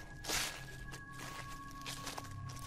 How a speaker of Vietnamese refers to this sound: Tiếng bước chân của bác cổ đi ấy nhưng lạo xạo, ở đằng sau lưng dường như có tiếng bước chân khác đang đi theo mình vậy.